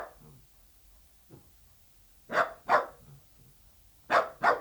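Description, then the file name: Dachshund barking in pairs: a faint bark, then two quick sharp barks, a short pause and another rapid pair. "Het blaffen van een teckel - Beeld en Geluid"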